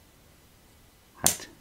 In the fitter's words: Also das Ding hat eine relativ hohe Spannung, kriegt man nicht so leicht raus und es schnappt zu,